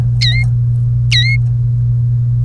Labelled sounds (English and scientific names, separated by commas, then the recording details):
Domestic Canary (Serinus canaria) song
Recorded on 30 April 2018 at 16:17
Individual llb3